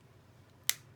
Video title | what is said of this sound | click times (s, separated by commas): Color Me Happy Kit & Stampin’ Blends | now you will listen for a nice solid click if you don't hear the click then it's not sealed or not shut so you want to make sure you've got that nice click | 0.7 s